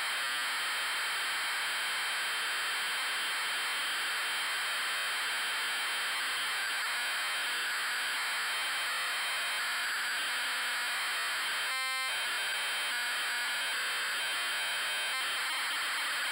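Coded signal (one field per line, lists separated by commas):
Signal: ZX Spectrum tape loading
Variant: Sinclair ZX Spectrum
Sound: continuous harsh buzzing screech with tonal whine, short interruption near twelve seconds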